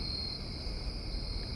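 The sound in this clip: Crickets produce an unbroken high trill that holds one pitch the whole time, with a low, steady background hum beneath it.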